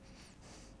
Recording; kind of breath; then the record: one breath in and out by a microphone near the nose and mouth; strong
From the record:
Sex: male